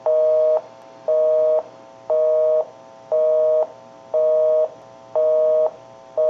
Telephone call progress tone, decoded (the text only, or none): busy tone